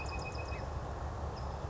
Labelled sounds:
Bewick's Wren
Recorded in Sonoma County, California

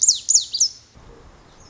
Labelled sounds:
Lazuli Bunting
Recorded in Sonoma County, California

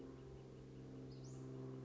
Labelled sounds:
Western Flycatcher
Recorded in Sonoma County, California

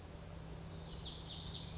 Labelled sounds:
Pacific Wren
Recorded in Sonoma County, California

